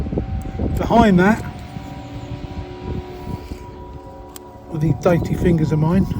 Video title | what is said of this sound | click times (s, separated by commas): Review 7 of 7 Canon R3: The Ultimate Verdict - Final Review (After 7 Videos!) | in there as usual click into place | 0.2 s